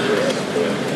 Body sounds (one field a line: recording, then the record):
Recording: background sound without coughing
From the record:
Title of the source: Office Sounds Ambience - Background Noise for Study and Work